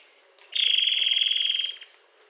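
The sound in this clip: Bird calling with a high, rapid pulsed trill on a level pitch, just over a second long, above a faint background hiss.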